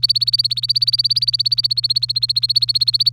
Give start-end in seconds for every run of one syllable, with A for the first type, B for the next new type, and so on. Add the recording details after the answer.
0.00-3.13 A. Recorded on 24 April 2018 at 07:55. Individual llb3